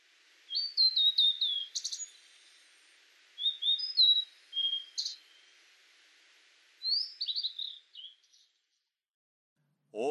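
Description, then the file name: Blue-and-white flycatcher song: clear whistled phrases of slurred notes with buzzy touches, given in three bursts separated by short pauses. Recorded in Tanzawa, Japan; file dated 26 May 2006. "ooruri 060526 tanzawa"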